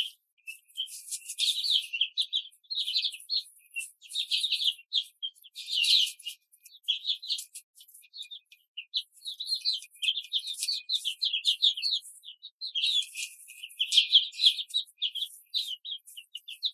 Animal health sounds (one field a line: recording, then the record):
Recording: young laying hens in a cage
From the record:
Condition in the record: control cage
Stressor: none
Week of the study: 5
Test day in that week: 1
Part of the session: 3